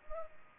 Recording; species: mosquito wingbeat signal from an infrared sensor; Culex pipiens